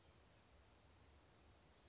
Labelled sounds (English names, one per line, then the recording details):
California Towhee
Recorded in Sonoma County, California